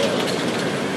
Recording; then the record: background sound without coughing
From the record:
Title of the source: Office Sounds Ambience - Background Noise for Study and Work